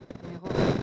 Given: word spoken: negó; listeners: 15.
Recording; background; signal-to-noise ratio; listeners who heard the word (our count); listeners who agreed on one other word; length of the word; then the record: one Spanish word in noise, from a listening test; noise modulated by one talker; -12.3 dB; 1 of 15; 11 of 15; 0.43 s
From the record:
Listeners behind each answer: 11, 1, 1, 1, 1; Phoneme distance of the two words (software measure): 21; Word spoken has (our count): 2 syllables, 4 phonemes, stress on syllable 2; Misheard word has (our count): 3 syllables, 7 phonemes, stress on syllable 2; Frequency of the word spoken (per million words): 31.78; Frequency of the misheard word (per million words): 55.86